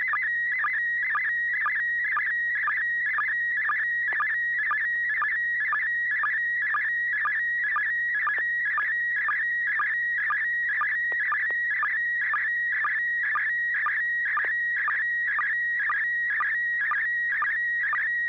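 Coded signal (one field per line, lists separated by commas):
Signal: SSTV (slow-scan television)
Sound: steady warbling whistle near 2 kHz broken by rhythmic low blips, about two per second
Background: low mains hum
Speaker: you got hit by the the repeater ID um we're GNA go to Joel this time ai6 DG uh Joel tell us what you think very clean reception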